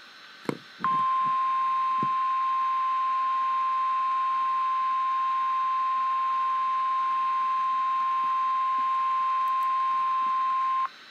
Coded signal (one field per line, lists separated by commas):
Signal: Emergency Alert System (SAME) tones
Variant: 1050 Hz attention tone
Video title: REAL EAS 585-Severe thunderstorm warning